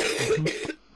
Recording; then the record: coughing mixed with background sound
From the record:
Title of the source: 60 coughing still (deep and wet cough)